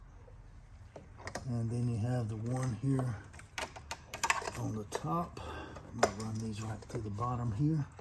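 A plastic quick-connect hose fitting is pushed onto its port in a Camaro engine bay during hose reinstallation, giving two sharp, close-spaced clicks at about 1.3 s and 1.4 s as it seats. Someone talks throughout, and more brief knocks and taps follow between about 3.6 s and 4.5 s.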